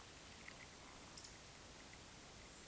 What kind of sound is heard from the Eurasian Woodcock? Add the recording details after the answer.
whistle, croak. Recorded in Baden-Württemberg, Germany, on 11 June 2021 at 20:05 UTC. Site 24606, 635 m above sea level